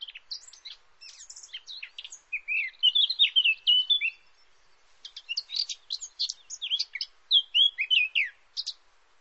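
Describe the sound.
Bird song, a fast jumble of high chirps, trills and slurred notes in two bursts with a short pause between.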